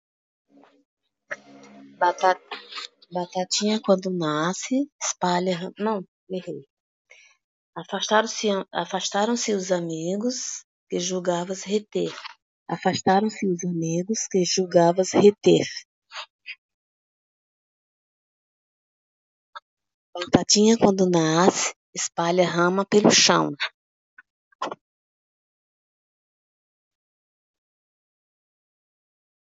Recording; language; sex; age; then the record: short text; Brazilian Portuguese; female; 60 to 69 years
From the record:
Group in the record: control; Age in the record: 63 years